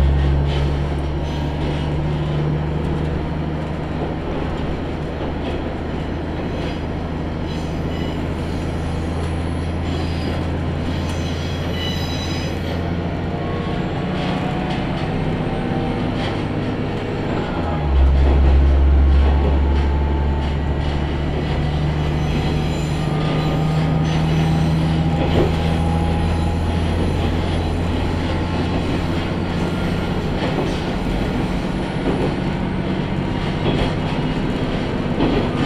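A Tenryu Hamanako Railway train travels from Kanaji toward Tenryu-Futamata, its deep engine drone and wheel rumble steady throughout. Around eighteen seconds the low roar swells and the engine note shifts. Faint, thin wheel squeals come and go.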